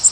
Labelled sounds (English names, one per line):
Bay-breasted Warbler flight call